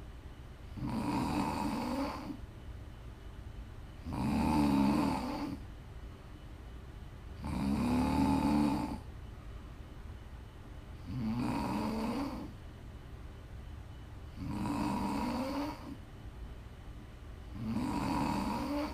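Six regular snores over about 19 seconds, roughly 18 breaths a minute, from an adult asleep. Each one is a rough, low, fluttering rumble on the breath, with quiet pauses between, close up in a quiet room. This is ordinary sleep snoring, offered as ASMR for relaxing and winding down.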